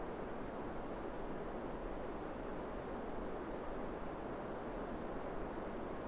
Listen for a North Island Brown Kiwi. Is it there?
no